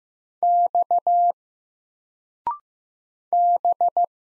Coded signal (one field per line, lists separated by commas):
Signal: Morse code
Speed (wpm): 15 wpm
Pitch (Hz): 700 Hz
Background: none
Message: X B